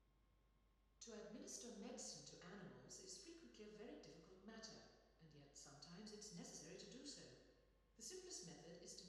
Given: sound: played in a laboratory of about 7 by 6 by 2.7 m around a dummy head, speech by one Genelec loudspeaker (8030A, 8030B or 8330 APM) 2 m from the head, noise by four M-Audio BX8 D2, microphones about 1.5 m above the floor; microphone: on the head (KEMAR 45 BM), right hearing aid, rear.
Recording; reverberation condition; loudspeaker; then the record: female speech in English; high; 30 degrees to the right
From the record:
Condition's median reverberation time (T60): about 1300 ms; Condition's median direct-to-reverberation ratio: about -4.0 dB